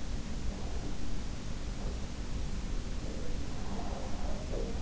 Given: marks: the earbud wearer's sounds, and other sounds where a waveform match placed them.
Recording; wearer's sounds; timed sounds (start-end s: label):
sounds in sleep by an in-ear microphone; breath
3.12-4.61 s: breath